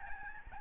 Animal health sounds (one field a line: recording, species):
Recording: mosquito wingbeat signal from an infrared sensor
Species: Aedes albopictus